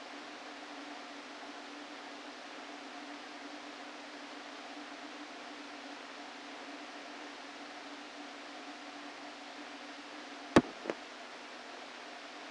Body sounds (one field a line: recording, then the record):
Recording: brain microelectrode recording played as sound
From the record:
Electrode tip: outside the subthalamic nucleus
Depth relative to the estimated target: 4 mm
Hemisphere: left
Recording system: NeuroSet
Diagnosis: Parkinson's disease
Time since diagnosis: 13 years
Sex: male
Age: 49 years